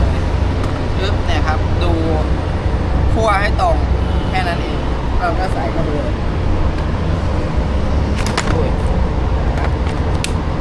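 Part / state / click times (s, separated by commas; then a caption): dust extraction attachment onto rotary hammer drill / seated / 10.2 s. Someone talks while a Milwaukee dust extraction attachment is lined up and pushed onto a Milwaukee rotary hammer drill, with a steady low hum and faint traffic-like noise underneath. A few short knocks sound around 8.3–8.5 seconds, then a sharp click at 10.2 seconds as the attachment locks in place, seated and ready to use.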